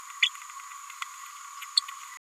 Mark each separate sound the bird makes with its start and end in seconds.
0.22-0.29, 1.76-1.81